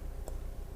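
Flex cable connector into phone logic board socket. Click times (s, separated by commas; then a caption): 0.3 s. A phone's flex cable connector is pressed again onto its socket on the logic board and gives a single short, sharp click at 0.3 s. This time it locks in and is seated. Apart from that click there is only low background noise.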